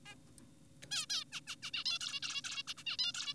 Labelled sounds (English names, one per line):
Zebra Finch